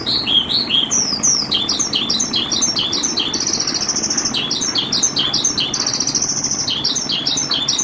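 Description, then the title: Javan bush lark song of quick, varied high chirps and slurred notes, mixed with brief thin sustained whistles, delivered without pause throughout. "Suara Burung Branjangan"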